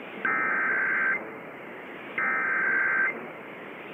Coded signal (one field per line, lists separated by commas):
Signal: Emergency Alert System (SAME) tones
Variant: header bursts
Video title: Arkansas EAS Required Monthly Test (April 8, 2019)